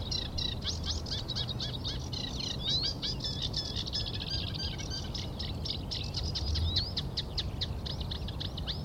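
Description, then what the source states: Eurasian reed warbler song, a dense run of rapid grating and chirping notes that hardly pauses, with a strong, steady low wind roar underneath. Spring arrival in rough weather; reed warbler is the foreground singer, with a repeated rhythm and a bit more tune than a sedge warbler.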